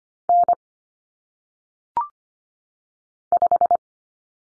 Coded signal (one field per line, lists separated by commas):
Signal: Morse code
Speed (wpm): 25 wpm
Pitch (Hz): 700 Hz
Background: none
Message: N 5